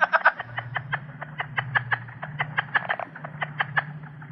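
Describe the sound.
Plains leopard frog chuckling steadily in a fast train of short, dry pulses, with a low humming drone underneath.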